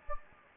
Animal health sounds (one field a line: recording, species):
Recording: mosquito wingbeat signal from an infrared sensor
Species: Anopheles gambiae